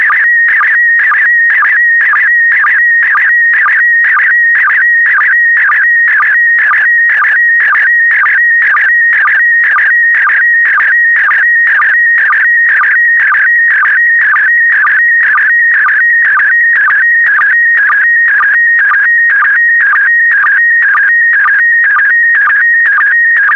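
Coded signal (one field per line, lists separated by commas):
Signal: SSTV (slow-scan television)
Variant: PD120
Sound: warbling tone shifting between pitches, with a short low blip about twice a second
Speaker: complete you can now check your decoded image against the picture that is shown on the video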